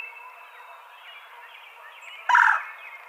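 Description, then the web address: Red-bellied woodpecker call, one loud, rough rolling note near the end, after quiet twittering from other birds. Recorded 24 April 2007. "Red-bellied Woodpecker 2007 04 24"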